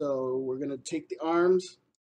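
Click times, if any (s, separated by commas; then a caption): none. A plastic arm is handled at the body joint of a Legacy Megazord combining toy robot while someone talks throughout the clip. No clicks are heard, and the arm has not yet seated or clicked into place.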